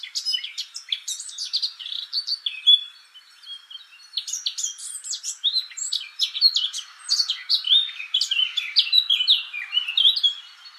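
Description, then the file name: Eurasian blackcap pouring out a long, jumbled warble of scratchy chirps and quick slurred notes, with a short lull near three seconds before resuming. "Sylvia atricapilla"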